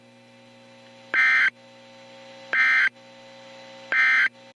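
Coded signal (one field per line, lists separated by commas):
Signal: Emergency Alert System (SAME) tones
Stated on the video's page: Real National Weather Service SAME alerts, mostly tornado warnings, plus thunderstorm warnings, watches, statements and a special marine warning.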